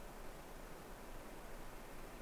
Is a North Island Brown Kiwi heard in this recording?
no